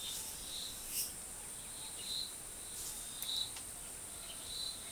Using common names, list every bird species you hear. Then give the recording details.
none. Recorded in forest near Pivijay, Magdalena, Colombia, on 15 April 2023 at 10:00. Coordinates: 10.467, -74.380. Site Z5-G034